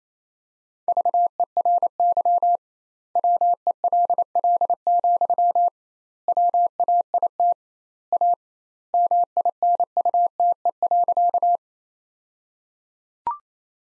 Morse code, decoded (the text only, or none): VERY WELL, WAIT A MINUTE.